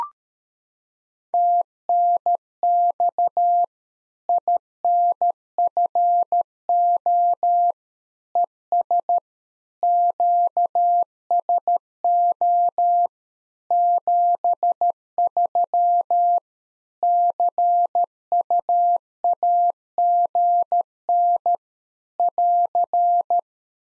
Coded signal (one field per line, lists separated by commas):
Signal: Morse code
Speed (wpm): 13 wpm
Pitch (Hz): 700 Hz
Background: none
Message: TNX INFO ES QSO 73 CUAGN <AR>